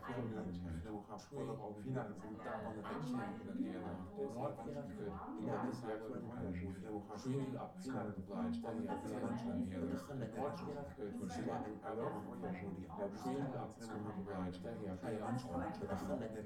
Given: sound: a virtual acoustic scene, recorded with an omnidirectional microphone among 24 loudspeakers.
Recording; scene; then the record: noise of the scene; living room, symmetric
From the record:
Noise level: 70 dB SPL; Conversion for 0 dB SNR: 6.9 dB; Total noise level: 76.9 dB SPL